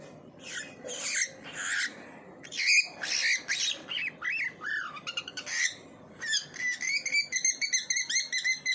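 Bird calling with a jumble of buzzy chirps and slurred whistles, ending in a fast run of evenly repeated ringing notes.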